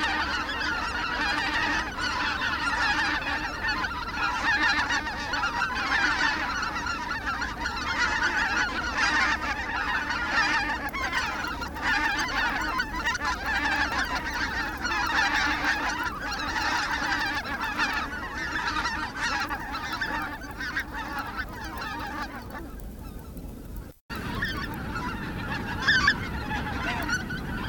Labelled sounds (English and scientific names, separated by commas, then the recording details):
Greater White-fronted Goose (Anser albifrons) call
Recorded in the wild
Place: Schaprode, Insel Rügen, Mecklenburg-Vorpommern, DE
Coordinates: 54.514, 13.167
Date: 1973-10-02 18:00
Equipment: Nagra III BH, Sennheiser MD 21
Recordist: Schubert, Michael